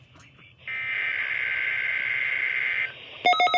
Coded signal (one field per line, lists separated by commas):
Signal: Emergency Alert System (SAME) tones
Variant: header bursts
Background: speech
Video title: 3/3/21 - WXJ94 & KIH28 Required Weekly Tests (EAS #42 & EAS #43)